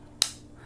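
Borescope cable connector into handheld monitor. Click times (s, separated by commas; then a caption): 0.2 s. The keyed camera cable connector of a Teslong NTG450H rifle borescope with a 4.5-inch HD screen is pushed into the socket of its handheld monitor. A single small, sharp, bright click at 0.2 s rises out of a quiet background and fades quickly. The connector seats.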